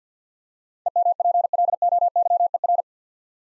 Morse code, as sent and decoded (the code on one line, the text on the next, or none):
. -- .--. .-.. --- -.-- . .-.
EMPLOYER